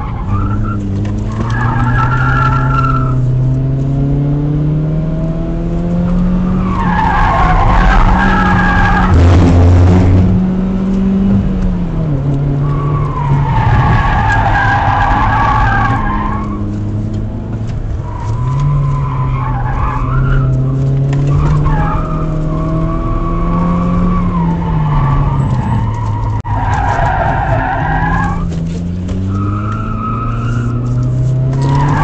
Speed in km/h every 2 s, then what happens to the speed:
45, 49, 72, 65, 60, 80, 82, 69, 48, 49, 58, 65, 50, 32, 39, 46.
0-4 speeds up to 72. 4-8 slows to 60. 8-11 speeds up to 82. 11-17 brakes to 48. 19-21 speeds up to 65. 23-26 brakes to 32. 26-32 speeds up to 46.